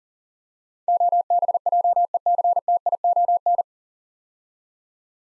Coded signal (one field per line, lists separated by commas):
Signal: Morse code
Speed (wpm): 40 wpm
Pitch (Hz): 700 Hz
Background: none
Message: OBJECTION